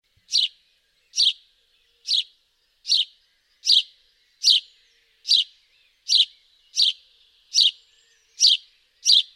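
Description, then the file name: House sparrow calling with single sharp chirps, about twelve evenly spaced notes, each a quick bright chip. "Passer domesticus"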